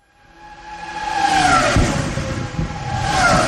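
A Formula 1 race car engine revs with a high, whining roar, its pitch sweeping up and down as it swells from quiet to loud and stays strong throughout, with no voices.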